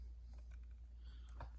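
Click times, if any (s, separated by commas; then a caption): 1.4 s. A hard drive ribbon cable is pushed into its connector on the motherboard of an Alienware R2 13 laptop during an HDD-to-SSD upgrade. After a quiet stretch of faint handling noise and a small tick at 1.3 s, a short, sharp click comes at 1.4 s as the cable seats snugly into the connector.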